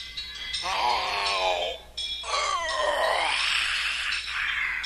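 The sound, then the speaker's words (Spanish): A voice imitates the loud monstrous yawn of the ogronte, an ogre walking toward Irulana after eating a whole town: two drawn-out, groaning vocal sweeps, the first sliding down in pitch, the second rising then falling, with a brief gap between them. “Comenzó a caminar y a bostezar.”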